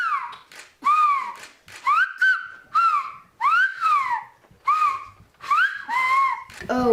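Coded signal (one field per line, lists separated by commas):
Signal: whistled language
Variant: whistled Occitan of Aas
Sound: several short gliding whistled phrases rising and falling in pitch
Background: small room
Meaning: Bring the ball to Marco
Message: porte loubalou à Marco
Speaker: porte loubalou à à Marco et en français opul porte le ballon à Marco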